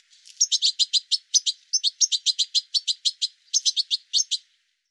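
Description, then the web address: Bird calls: rapid bursts of short, sharp, high chirps, mostly in quick pairs and triplets, repeated steadily throughout with brief gaps. "cianscape birddata"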